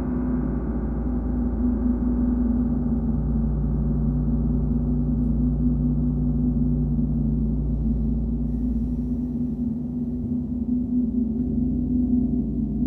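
A gong hums low and steady with a deep sustained drone and shimmering overtones, barely changing across the whole thirteen seconds.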